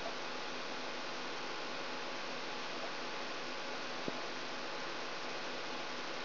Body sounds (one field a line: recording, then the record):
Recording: brain microelectrode recording played as sound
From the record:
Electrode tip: outside the subthalamic nucleus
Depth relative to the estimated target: -6 mm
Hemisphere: left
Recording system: AlphaMap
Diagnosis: Parkinson's disease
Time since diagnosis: 10 years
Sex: male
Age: 47 years